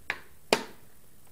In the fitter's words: c'est un petit clic la même chose de l'autre côté et ensuite vous refermez le bijou donc